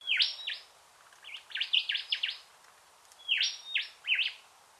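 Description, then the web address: Unidentified bird giving sharp, high chirped calls in quick clusters of several notes, three bursts separated by pauses of under a second, over quiet background hiss. Mangrove habitat; species unidentified. "Sound Effects-Foundation 1 BIRD UNKNOWN MAGROVES CALL"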